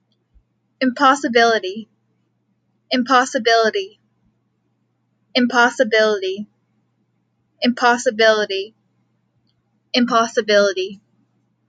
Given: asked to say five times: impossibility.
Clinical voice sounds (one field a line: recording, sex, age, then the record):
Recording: repeated word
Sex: female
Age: 18 to 19 years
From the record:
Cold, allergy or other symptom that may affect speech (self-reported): no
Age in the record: 19 years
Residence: Texas, United States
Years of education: 13